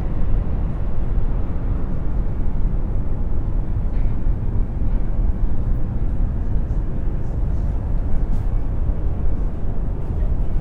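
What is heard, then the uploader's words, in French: A steady, dense low rumble of distant city traffic heard from high above, with faint brief higher sounds scattered through. 20 étages au-dessus de l'effervescence du paysage urbain. Une toile de sons qui créent un apaisant bruit brunien. Paysage sonore urbain.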